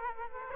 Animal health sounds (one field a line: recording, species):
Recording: mosquito wingbeat signal from an infrared sensor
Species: Aedes aegypti